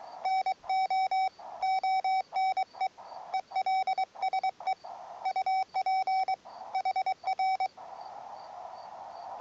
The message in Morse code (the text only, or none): NO ONE ELSE UP HR